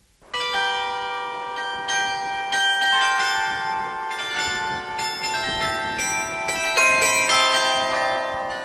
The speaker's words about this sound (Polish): Gdańsk jest jedynym miastem w Polsce, w którym znajdują się czynne instrumenty złożone z co najmniej 23 zestrojonych ze sobą dzwonów. Jeden mobilny i dwa zawieszone na wieżach. Dwa razy w tygodniu gra na nich karylionistka